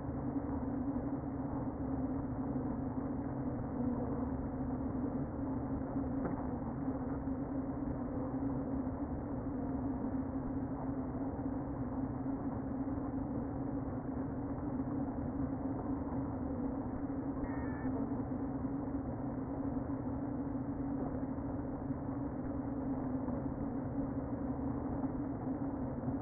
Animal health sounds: honeybee colony, microphone inside the hive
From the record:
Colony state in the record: queen present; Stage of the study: before two queens were removed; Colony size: about 60,000 bees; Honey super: yes

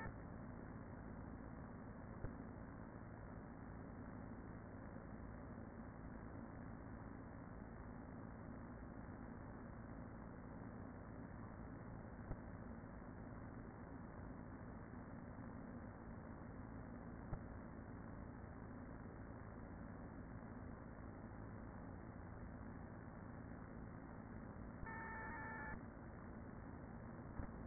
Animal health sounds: honeybee colony, microphone inside the hive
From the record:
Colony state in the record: queen present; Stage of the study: after two queens were removed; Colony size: about 40,000 bees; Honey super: no

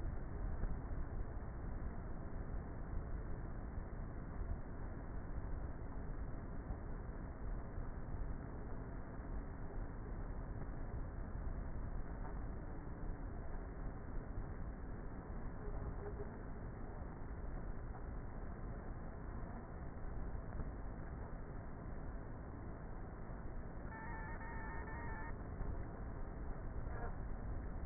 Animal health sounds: honeybee colony, microphone inside the hive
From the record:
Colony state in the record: queenless with a low population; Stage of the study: before two queens were removed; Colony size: about 30,000 bees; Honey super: no

